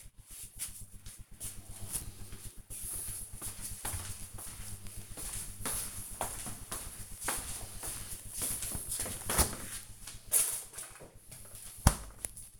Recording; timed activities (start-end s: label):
household activities, microphone on the right wrist
none